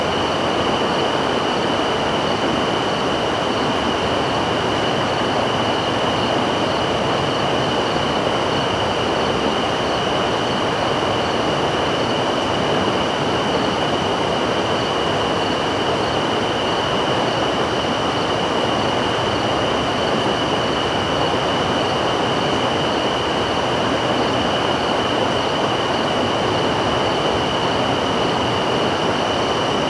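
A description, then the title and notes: A nearby river rushes in a steady, dense wash at night, unchanging throughout, with a thin constant high whine of insects above it. Nearby River Flow at Night.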